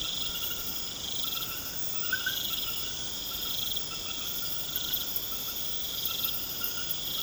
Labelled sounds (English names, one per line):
none